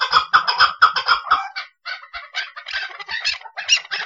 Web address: aswat Hajal Jabali